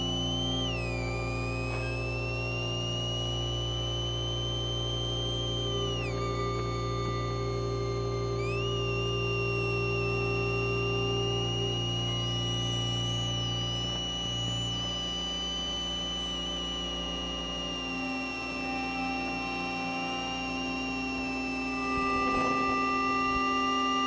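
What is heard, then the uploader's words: Electromagnetic signals picked up on a moving bus form a steady drone of stacked tones, with high whines gliding, dipping and stepping throughout. The EM signals used to create this piece were captured whilst in transit on a Number 21 Bus traveling southbound Between Moorgate and Old Kent Road. The sound was recorded via the use of 2 Electro-Magnetic coil pick-ups.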